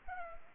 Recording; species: mosquito wingbeat signal from an infrared sensor; Culex pipiens